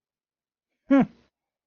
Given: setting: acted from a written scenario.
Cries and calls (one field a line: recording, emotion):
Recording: vocal sound without words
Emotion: pride